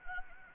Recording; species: mosquito wingbeat signal from an infrared sensor; Anopheles arabiensis